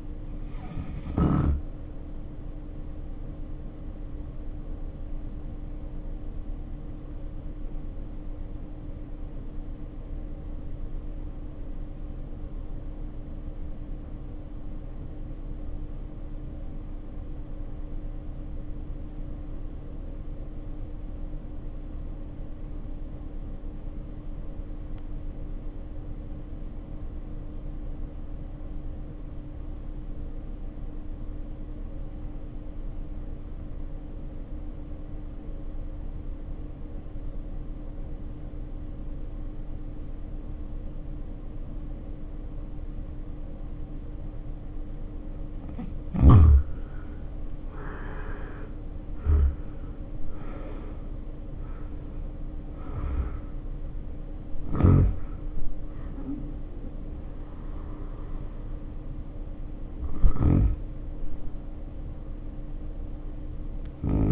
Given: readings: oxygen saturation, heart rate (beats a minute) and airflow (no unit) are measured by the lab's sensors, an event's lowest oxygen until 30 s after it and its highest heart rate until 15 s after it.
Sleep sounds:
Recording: breathing in sleep by a smartphone at the bedside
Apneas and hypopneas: 1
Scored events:
3.00-46.00 s: hypopnea (N1, oxygen 91% highest, then 70% lowest, heart rate 53 at the start, 78 highest)
57.00-64.32 s: new sleep stage, REM sleep
From the record:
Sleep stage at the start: N1 (lightest sleep)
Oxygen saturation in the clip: 71 to 91%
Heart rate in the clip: 52 to 78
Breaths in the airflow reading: 18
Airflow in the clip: -3.9 to 3.8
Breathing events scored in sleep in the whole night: 520 in 7.2 hours asleep

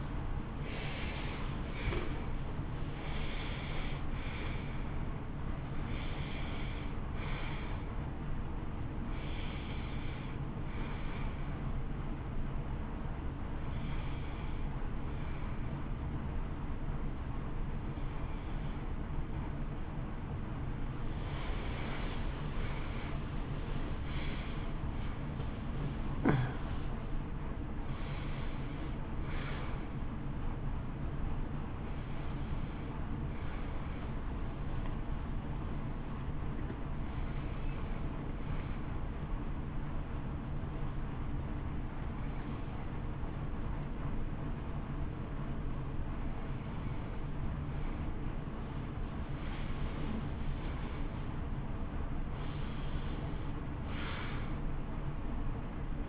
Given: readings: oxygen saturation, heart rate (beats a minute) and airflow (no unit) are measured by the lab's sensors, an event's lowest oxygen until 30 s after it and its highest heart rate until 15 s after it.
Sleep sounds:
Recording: breathing in sleep by a smartphone at the bedside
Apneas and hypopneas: 1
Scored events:
10.00-56.09 s: new sleep stage, N1 (lightest sleep)
18.00-48.00 s: hypopnea (N1, oxygen 96% highest, then 92% lowest, heart rate 56 at the start, 71 highest)
From the record:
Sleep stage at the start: N2 (light sleep)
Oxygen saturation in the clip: 86 to 96%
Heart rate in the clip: 55 to 71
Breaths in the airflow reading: 15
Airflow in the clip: -16.8 to 21.5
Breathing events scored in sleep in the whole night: 328 in 6.3 hours asleep

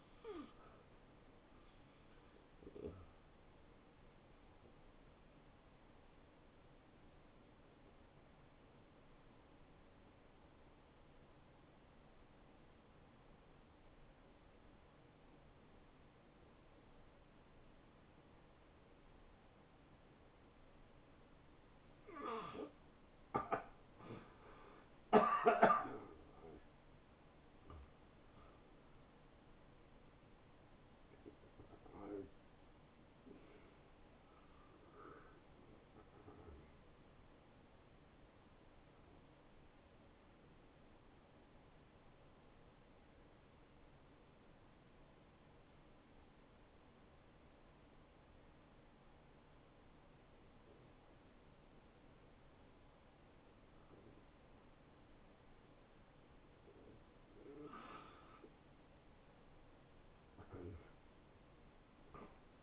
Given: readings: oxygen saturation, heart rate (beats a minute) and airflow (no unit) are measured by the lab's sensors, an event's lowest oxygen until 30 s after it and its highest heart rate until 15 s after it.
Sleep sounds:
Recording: breathing in sleep by a voice recorder at the bedside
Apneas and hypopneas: 2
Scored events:
6.00-26.20 s: hypopnea (N1, oxygen 81% highest, then 74% lowest, heart rate 86 at the start, 89 highest)
39.00-57.10 s: obstructive apnea (N1, oxygen 95% highest, then 92% lowest, heart rate 85 at the start, 87 highest)
From the record:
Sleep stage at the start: N1 (lightest sleep)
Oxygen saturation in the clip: 74 to 95%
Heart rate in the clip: 69 to 90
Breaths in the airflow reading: 9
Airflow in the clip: -17.0 to 8.5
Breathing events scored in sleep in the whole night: 263 in 5.5 hours asleep

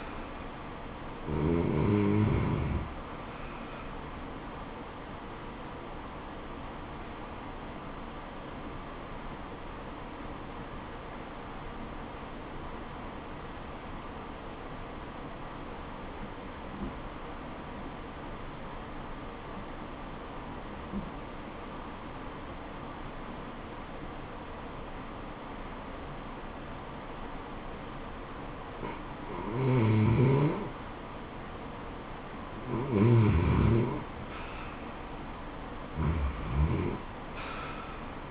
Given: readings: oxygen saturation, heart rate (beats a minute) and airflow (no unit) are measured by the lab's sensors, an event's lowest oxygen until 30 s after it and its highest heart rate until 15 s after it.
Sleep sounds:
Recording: breathing in sleep by a voice recorder at the bedside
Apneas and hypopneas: 1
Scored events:
8.00-31.00 s: obstructive apnea (REM, oxygen 93% highest, then 87% lowest, heart rate 76 at the start, 77 highest)
From the record:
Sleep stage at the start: REM sleep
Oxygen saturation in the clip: 87 to 93%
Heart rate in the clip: 64 to 78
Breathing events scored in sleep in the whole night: 426 in 7.4 hours asleep

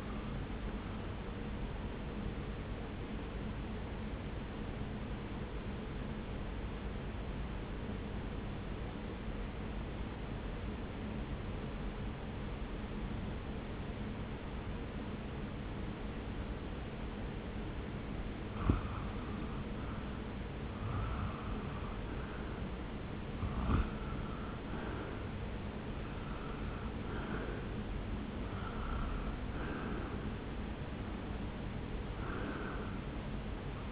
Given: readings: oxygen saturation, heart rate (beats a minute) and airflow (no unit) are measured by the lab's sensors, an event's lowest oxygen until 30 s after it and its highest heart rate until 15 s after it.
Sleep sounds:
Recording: breathing in sleep by a voice recorder at the bedside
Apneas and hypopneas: 1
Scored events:
4.00-19.40 s: obstructive apnea (REM, oxygen 95% highest, then 85% lowest)
From the record:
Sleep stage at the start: REM sleep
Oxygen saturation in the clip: 85 to 95%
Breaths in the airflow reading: 7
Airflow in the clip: -0.9 to 1.3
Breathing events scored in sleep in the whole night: 335 in 6.7 hours asleep

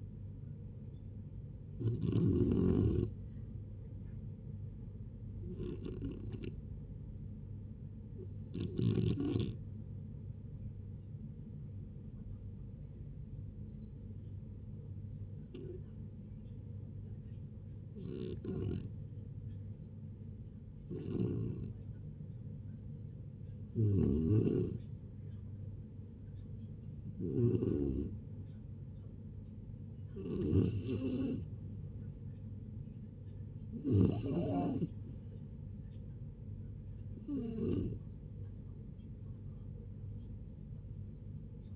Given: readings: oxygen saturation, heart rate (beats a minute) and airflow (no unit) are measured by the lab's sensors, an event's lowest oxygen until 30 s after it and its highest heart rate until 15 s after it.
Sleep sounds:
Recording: a person awake in a sleep study, by a smartphone at the bedside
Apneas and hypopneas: none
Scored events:
0.00-41.76 s: awake
0.00-41.76 s: awake
From the record:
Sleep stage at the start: awake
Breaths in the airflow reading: 15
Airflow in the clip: -0.6 to 0.6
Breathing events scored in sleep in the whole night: 496 in 5.4 hours asleep

